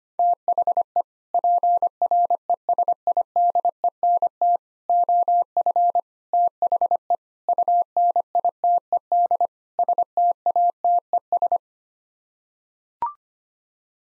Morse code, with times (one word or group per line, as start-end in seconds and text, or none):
0.2-1.0 THE
1.3-4.6 PRESIDENT
4.9-6.0 OF
6.3-7.2 THE
7.5-9.5 UNITED
9.8-11.6 STATES